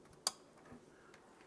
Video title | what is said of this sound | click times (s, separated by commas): Unlock Blazing Speed: Your 2.5G & 10G Network Upgrade | Make sure you get the click, okay? | 0.3 s